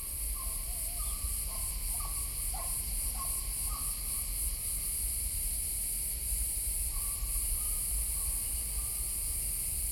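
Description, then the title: Crickets trilling high and steadily while a bird adds short whistled notes in the first half and again near the end. Different types of crickets singing differently, Collserola natural park, during a heat wave, walking toward a pine wood; recorder with hypercardioid microphone. "Grills Diferents Collserola"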